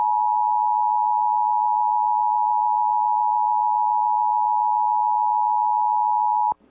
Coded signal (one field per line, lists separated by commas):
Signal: Emergency Alert System (SAME) tones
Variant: 853 and 960 Hz attention tone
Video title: EAS Timeline December-Derecho Hits Central Iowa and Downtown Des Moines NOAA Weather Radio